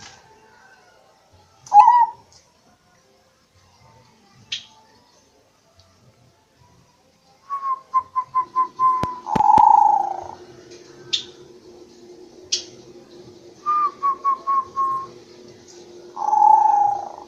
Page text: Suara Perkutut Manggung [Lokal Dan Bangkok] - Club Burung